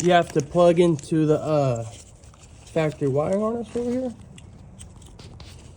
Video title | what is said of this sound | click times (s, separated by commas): 2008 to 2013 g37 fuel injector replacement or e85 replacement | just like so make sure you hear that click | 5.4 s